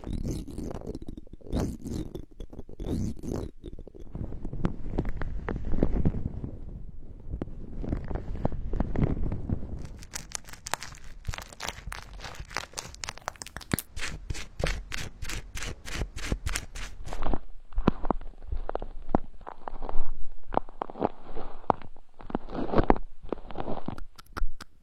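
Ear cleaning with muffled rubbing and scraping in the first ten seconds. From about ten to seventeen seconds come fast, crisp, evenly spaced scratching strokes, followed by slower bursts of brushing with short pauses between them.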